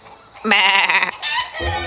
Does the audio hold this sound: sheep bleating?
yes